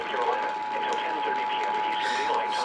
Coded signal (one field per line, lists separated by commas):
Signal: Emergency Alert System (SAME) tones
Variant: 853 and 960 Hz attention tone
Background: speech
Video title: (EAS #1387-1407) Tests to-- wait, didn't I use this title before? (EAS Alerts from 8/19/2021)